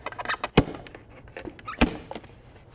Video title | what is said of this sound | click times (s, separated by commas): How to Install The Pure Resonance Audio C3 with Ceiling Tile, Drywall, & Pendant Mount Speaker Kits | the speaker will be locked into place | 0.6 s, 1.8 s